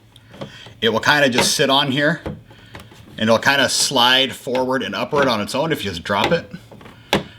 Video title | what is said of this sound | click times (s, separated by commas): M.2 Hard Drive Installation on Playstation 5 | then you get a little pressure down and towards the top of the playstation heard that click | 7.1 s